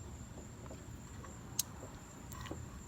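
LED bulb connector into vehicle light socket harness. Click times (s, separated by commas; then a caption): 1.6 s. An LED bulb's plastic wiring connector is pushed onto its mating socket in the harness behind a car's light housing. Faint handling ticks surround one sharp click at 1.6 s, and the connector is seated, with a steady high-pitched tone running throughout.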